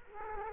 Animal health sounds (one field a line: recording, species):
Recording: mosquito wingbeat signal from an infrared sensor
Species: Culex quinquefasciatus